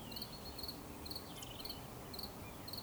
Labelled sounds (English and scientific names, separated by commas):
Eurasian Woodcock (Scolopax rusticola) whistle